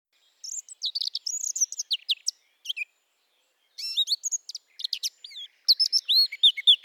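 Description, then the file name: Eurasian blackcap song in three bursts of quick, twittering and slurred whistled notes separated by short gaps. "Sylvia atricapilla"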